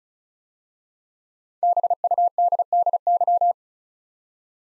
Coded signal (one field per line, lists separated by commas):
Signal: Morse code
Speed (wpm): 36 wpm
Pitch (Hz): 700 Hz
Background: none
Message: BUDDY